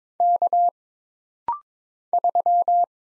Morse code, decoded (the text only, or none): K 3